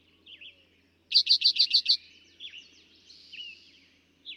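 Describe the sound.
Eastern towhee song: a single burst of six bright, sharp notes in quick succession lasting about a second, with faint twittering of other birds before and after.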